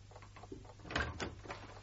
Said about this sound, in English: Oh, you've unlocked the door.